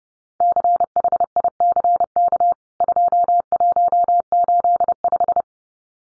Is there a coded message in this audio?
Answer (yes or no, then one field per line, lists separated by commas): yes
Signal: Morse code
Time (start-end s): 0.4-5.4 s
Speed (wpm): 30 wpm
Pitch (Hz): 700 Hz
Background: none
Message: CHICK 2185